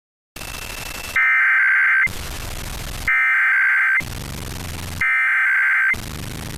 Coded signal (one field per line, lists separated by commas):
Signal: Emergency Alert System (SAME) tones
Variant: header bursts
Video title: Week of 2026-04-19 EAS Capture 793-799 RMT RWT